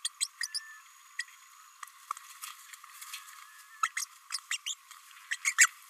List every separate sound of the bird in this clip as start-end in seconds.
0.04-0.09, 0.20-0.27, 0.43-0.47, 0.54-0.60, 1.19-1.24, 3.83-3.88, 3.96-4.05, 4.32-4.38, 4.51-4.57, 4.66-4.74, 5.31-5.37, 5.45-5.54, 5.58-5.68